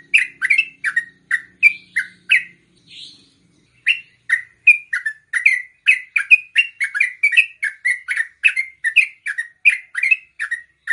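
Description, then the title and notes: Yellow-vented bulbul song: short sharp chirps at mid-high pitch with clicky tops, repeated rapidly, with one brief pause. Used to train captive birds; song styles called tembakan and ropel. "MASTERAN Trucukan Tembakan Dan Ropel. BURUNG TRUCUKAN"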